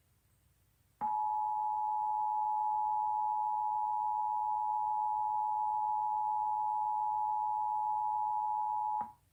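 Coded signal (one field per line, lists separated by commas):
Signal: Emergency Alert System (SAME) tones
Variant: 853 and 960 Hz attention tone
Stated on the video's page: Iowa EAS Required Monthly Test originated from an AM station and relayed on all Iowa radio and TV stations.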